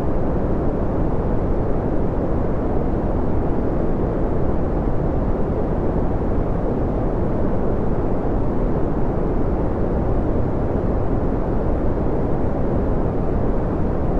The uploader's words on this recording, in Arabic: ألطف ضجيج بني. ندمج بشكل جميل الرنين العميق والمريح للضجيج البني مع الهمس اللطيف والمهدئ للضجيج الأبيض، مما يخلق مشهدًا صوتيًا هجينًا فريدًا.